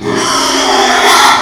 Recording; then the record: squeal of a Yucatan mini pig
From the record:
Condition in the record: after surgery on the right vocal fold (resection and tissue-engineered implant); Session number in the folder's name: 2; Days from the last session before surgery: 13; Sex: male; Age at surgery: 12 weeks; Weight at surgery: 13 kg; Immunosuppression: cyclosporine, prednisolone